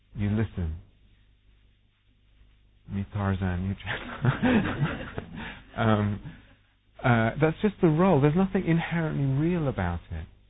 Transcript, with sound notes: You, listen. Me Tarzan, you... [laughter] That's just the role. There's nothing inherently real about it.